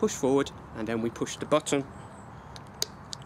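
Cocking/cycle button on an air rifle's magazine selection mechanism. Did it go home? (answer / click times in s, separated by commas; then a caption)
yes / 2.8 s. Someone talks as the cocking/cycle button on the magazine selection mechanism of a Kalibrgun Cricket air rifle, with the magazine already slotted in, is pushed forward into the cycle position. A sharp click at 2.8 s marks the button seating slightly forward on its notch, with fainter ticks around it.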